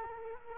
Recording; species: mosquito wingbeat signal from an infrared sensor; Culex quinquefasciatus